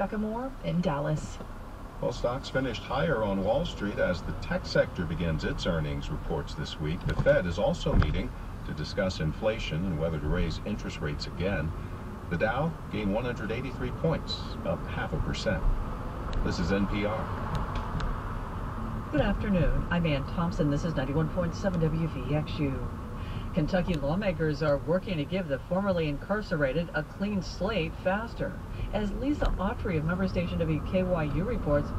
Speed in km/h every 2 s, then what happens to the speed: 0, 10, 10, 11, 15, 15, 19, 19, 21, 21, 21, 16, 11, 11, 15, 19.
0-12 pulls away to 19. 12-20 steady at about 21. 20-24 slows to 11. 26-32 speeds up to 19.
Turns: none.